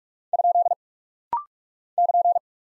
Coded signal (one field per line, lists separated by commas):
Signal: Morse code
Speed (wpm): 45 wpm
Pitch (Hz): 700 Hz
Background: none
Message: ? <KN>